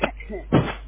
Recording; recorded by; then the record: voluntary cough; telephone call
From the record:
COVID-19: negative